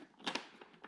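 Someone presses the small locking switch on the toolless turn dial of a Simpson Mod Bandit motorcycle helmet's visor mount and turns it toward "O" (open), freeing the plastic visor from the helmet shell. Two sharp clicks are heard at about 0.3 s and 0.4 s, followed by fainter ticks near 0.6 s and 0.9 s. The dial unlocks and the visor comes right off.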